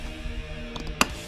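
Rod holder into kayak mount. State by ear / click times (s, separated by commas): seated / 1.0 s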